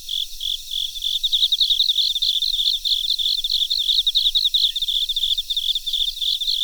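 Cricket chirping in a steady, high-pitched stream of rapid pulsed trills, continuous throughout with no other clear sounds.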